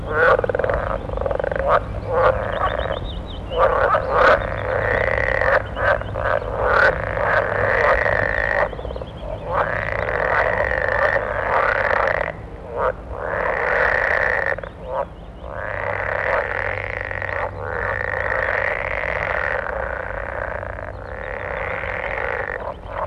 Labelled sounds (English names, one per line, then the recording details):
Edible Frog call
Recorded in the wild
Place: Mühlenbecker Land, Brandenburg, DE
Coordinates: 52.6833, 13.4
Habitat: pond
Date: 1964-05-18 17:00
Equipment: Minifon, Kopie Smaragd
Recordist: Tembrock, Günter